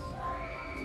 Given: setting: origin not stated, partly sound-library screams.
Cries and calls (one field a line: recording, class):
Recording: one-second piece from a danger detection set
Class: woman in danger